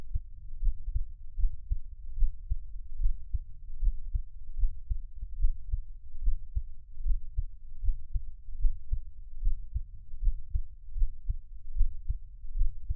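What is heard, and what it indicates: Soft, low thumps repeat at a steady pace of about 76 beats a minute, with no talking. It is an adult's own heartbeat, recorded close to the body for Taiwanese ASMR, with a faint low hum underneath.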